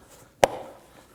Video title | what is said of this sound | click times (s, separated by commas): How to Remove Front Door Panels 2015-2024 Nissan Murano | Snap that into place. | 0.4 s